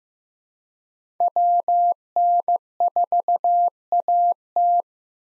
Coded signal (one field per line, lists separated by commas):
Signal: Morse code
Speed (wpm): 16 wpm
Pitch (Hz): 700 Hz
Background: none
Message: WN4AT